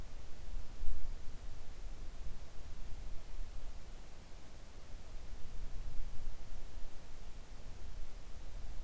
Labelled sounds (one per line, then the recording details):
near silence
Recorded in the Arctic National Wildlife Refuge, Alaska, on 3 August 2019 at 05:02
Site 41